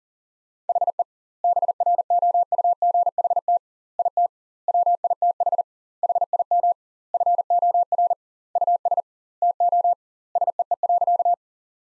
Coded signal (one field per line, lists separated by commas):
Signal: Morse code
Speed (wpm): 40 wpm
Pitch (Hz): 700 Hz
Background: none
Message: HE BROUGHT IT WITH HIM FOR US TO SEE.